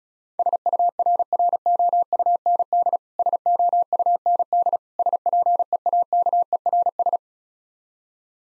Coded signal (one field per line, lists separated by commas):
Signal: Morse code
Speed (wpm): 36 wpm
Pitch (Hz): 700 Hz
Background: none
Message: SURROUND SOUND SPEAKERS